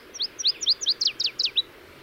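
Northern Waterthrush song: a quick series of loud, sharp, high downslurred notes over soft background noise.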